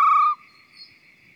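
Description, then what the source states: Arabian scops owl uttering one short, harsh hoot that ends abruptly, then a constant high insect trill continues. Male hooting.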